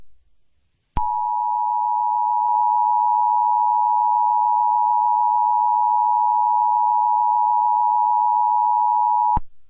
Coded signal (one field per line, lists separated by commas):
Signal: Emergency Alert System (SAME) tones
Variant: 853 and 960 Hz attention tone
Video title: Eas Scenario - Arachnodemon TZXK - 29173 annihilation (My first EAS Scenario video)